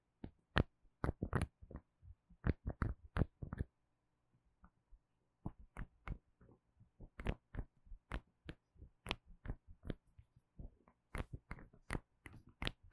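Gel nail supplies are tapped in quick, sharp bursts of crisp clicks, pausing briefly around four to five seconds before resuming irregularly.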